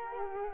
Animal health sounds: mosquito wingbeat signal from an infrared sensor; Culex quinquefasciatus

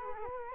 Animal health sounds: mosquito wingbeat signal from an infrared sensor; Culex quinquefasciatus

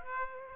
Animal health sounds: mosquito wingbeat signal from an infrared sensor; Aedes aegypti

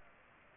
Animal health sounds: mosquito wingbeat signal from an infrared sensor; Culex pipiens

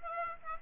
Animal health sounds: mosquito wingbeat signal from an infrared sensor; Aedes aegypti

